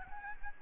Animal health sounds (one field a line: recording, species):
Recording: mosquito wingbeat signal from an infrared sensor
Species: Aedes albopictus